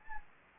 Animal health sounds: mosquito wingbeat signal from an infrared sensor; Anopheles gambiae

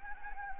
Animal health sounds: mosquito wingbeat signal from an infrared sensor; Anopheles gambiae

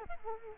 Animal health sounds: mosquito wingbeat signal from an infrared sensor; Culex quinquefasciatus

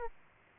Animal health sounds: mosquito wingbeat signal from an infrared sensor; Aedes aegypti

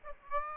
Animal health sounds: mosquito wingbeat signal from an infrared sensor; Aedes aegypti

